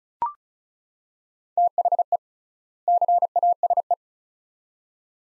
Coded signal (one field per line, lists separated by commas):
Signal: Morse code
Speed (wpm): 36 wpm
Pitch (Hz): 700 Hz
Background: none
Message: THE CASE